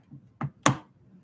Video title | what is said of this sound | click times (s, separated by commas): Live Build Pt. 2 - Lego Porsche 911 10295 - Turbo or Targa? | was that it y'all heard that right yeah i heard the click for sure um | 0.7 s